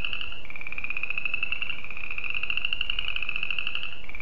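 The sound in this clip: Spring peeper calling, a high, steady, pulsed tone that shifts slightly in pitch a few times, over a faint hiss.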